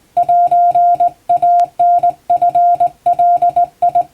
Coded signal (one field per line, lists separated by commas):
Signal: Morse code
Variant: Japanese Wabun code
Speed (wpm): 19 wpm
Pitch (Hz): 700 Hz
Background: none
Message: セイタチガ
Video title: 毎日モールスラーニング！第１級無線通信士が打つ綺麗な手打ち和文モールス符号で受信練習をしよう！YouTubeの再生速度を自分の速度に調整して聴いてみよう(morse code practice)